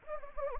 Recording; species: mosquito wingbeat signal from an infrared sensor; Anopheles gambiae